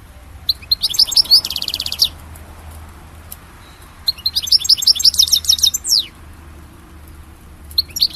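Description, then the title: European goldfinch song: bright twitters with a dry buzzing trill, a pause, then another tinkling phrase, over a low background hum. "Chant Chardonneret"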